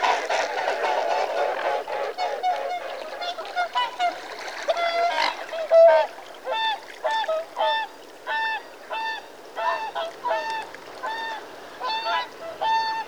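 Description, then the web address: Mute swan calling repeatedly with hoarse, nasal honks, several overlapping at first, then single calls spaced roughly every half second to a second. "BBC Sound Effects Library. Mute Swan (Cygnus Olor) Calls"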